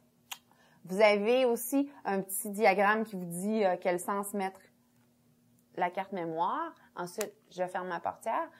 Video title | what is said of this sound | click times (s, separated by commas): L'experte Fuji - Aperçu du FinePix F550EXR | met les témoins ici de contact dans le fond orange à Orange et vous insérez lappelle jusqu'à tempant que vous entendez un petit clic et ensuite de ça | 0.3 s